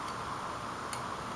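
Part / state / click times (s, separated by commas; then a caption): plastic accessory piece onto action figure / not seated / none. A plastic shield or accessory piece is lined up on an action figure and handled into position, ready to be snapped on. Faint light ticking handling noises sit over a steady background hum, with one brief tick near 0.9 seconds. Nothing has seated or clicked yet.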